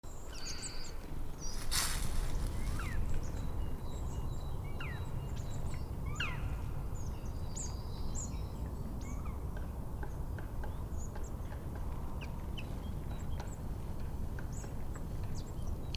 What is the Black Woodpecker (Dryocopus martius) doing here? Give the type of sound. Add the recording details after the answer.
call. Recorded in the wild. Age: adult. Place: Bernau bei Berlin, Forst Bernau, Brandenburg, DE. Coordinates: 52.6975, 13.5211. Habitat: wood. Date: 2007-02-18 15:59. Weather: heiter, 7-8°C. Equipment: Sound Devices 702, Sennheiser MKH 70, Windkorb. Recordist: Frommolt, Karl-Heinz